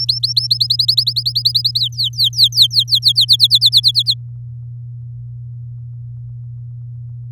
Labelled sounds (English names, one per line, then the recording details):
Domestic Canary song
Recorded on 6 May 2018 at 17:45
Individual llb16